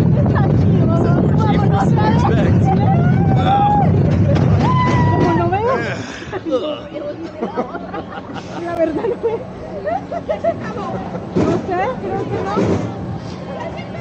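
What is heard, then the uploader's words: A rollercoaster ride roars with heavy low rumbling and excited voices for six seconds, then eases into quieter clatter, chatter and occasional shouts. A fun VR 360 ride on the rollercoaster at the new Sunset Park, El Salvador.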